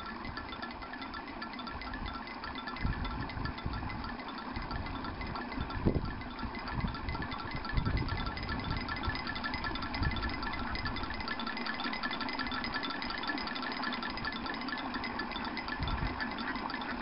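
Wind-driven noise makers in a rice paddy keep up a steady, dense clatter of rapid ticking and rattling throughout. Hollow, low knocks and bumps of wind break in irregularly, notably around three, six, eight and sixteen seconds, over a constant outdoor hum.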